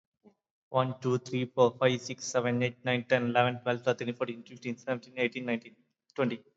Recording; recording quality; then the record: counting at a fast pace; excellent, no background noise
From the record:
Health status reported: recovered from COVID-19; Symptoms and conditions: fever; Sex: male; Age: 27 years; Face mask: not worn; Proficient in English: yes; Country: India